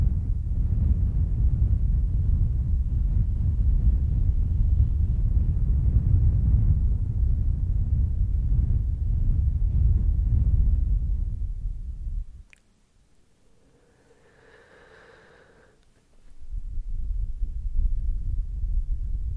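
Heavy, bassy breathing and blowing across a microphone makes a dense, low rumble that roars steadily for about twelve seconds. It cuts out abruptly, leaving near silence with a faint tone for a few seconds, then the low blowing rumble returns around sixteen seconds.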